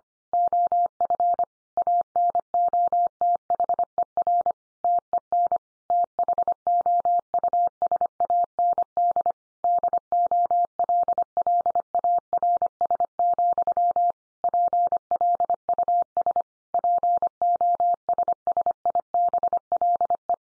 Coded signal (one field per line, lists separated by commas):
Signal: Morse code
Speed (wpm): 25 wpm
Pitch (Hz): 700 Hz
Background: none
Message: OF ANOTHER TEN THOUSAND DOLLARS, PLUS POSSIBLE